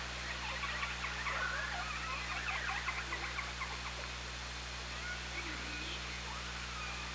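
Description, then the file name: Killer whale sounds, faint pulsed and drawn-out tonal calls amid steady underwater hiss and low hum. Recorded on an OrcaLab hydrophone, 24 August 2017, around 17:37. "Orca Lab 20170824 173714"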